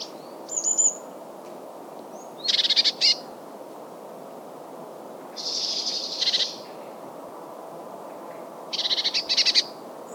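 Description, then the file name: Eurasian blue tit calls: several short buzzy churring bursts spaced a few seconds apart, over a steady background hiss. "Cyanistes caeruleus"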